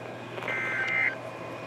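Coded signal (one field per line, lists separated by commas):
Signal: Emergency Alert System (SAME) tones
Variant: end-of-message bursts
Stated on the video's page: Severe thunderstorm and tornado warning EAS alerts.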